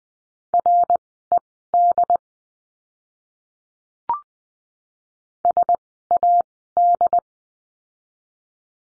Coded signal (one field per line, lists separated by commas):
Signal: Morse code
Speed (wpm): 20 wpm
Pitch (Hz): 700 Hz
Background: none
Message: RED SAD